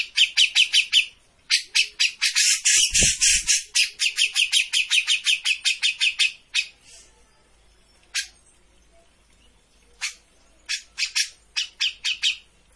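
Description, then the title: Grey-cheeked bulbul pouring out rapid harsh notes, a squawky stretch partway, then only scattered short phrases after a lull. Bird-training master (masteran) of a cucak jenggot singing continuously (gacor). "Cucak Jenggot Gacor. Masteran burung cucak jenggot ! Suaka burung"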